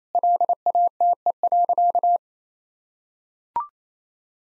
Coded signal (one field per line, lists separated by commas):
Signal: Morse code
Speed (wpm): 28 wpm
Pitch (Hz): 700 Hz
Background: none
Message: LATE.